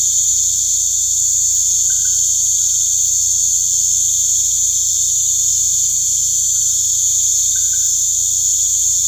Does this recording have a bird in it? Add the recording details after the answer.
no. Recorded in pastures near Puerto Asís, Putumayo, Colombia, on 16 December 2024 at 19:00. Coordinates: 0.472, -76.329. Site G072